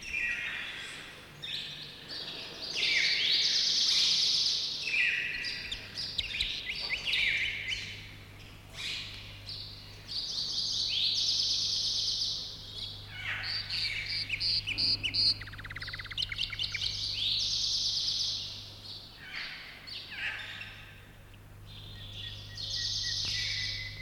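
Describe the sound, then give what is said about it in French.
Birds sing almost continuously, overlapping high-pitched phrases, trills and rapid chirps that swell and fade in bursts, over a steady low hum with no talking. “Car chanter pour l'oiseau, c'est aussi lancer un défi.”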